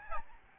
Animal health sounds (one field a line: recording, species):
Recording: mosquito wingbeat signal from an infrared sensor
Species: Aedes albopictus